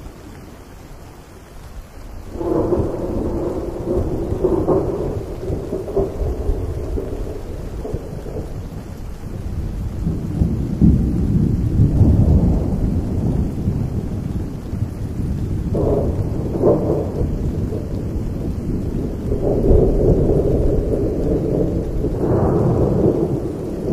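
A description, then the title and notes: Deep thunder rumbles through a steady fall of rain, starting quietly and swelling after about two seconds into a long, rolling growl. The low roar stays dense, peaking around eleven and twenty seconds, with brief crackling flares on top. Rain & Crackling Thunder. The rumbling of deep thunder and the consistent sound of rain.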